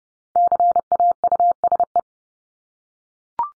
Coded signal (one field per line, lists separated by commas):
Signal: Morse code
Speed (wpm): 30 wpm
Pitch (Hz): 700 Hz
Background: none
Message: CAUSE